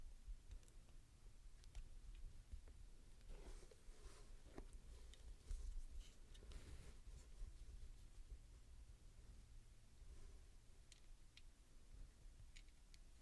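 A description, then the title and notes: Microphone unboxing: soft crinkling and rustling with scattered crisp clicks and taps over a constant low rumble, busiest around four to seven seconds. Crisp and Bassy Microphone Unboxing. No Talking.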